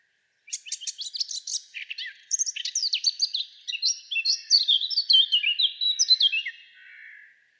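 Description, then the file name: Eurasian blackcap song: a rattling, scratchy burst of notes that gives way to a louder run of clear, fluted whistles stepping downward, then a fading final note. "Sylvia atricapilla"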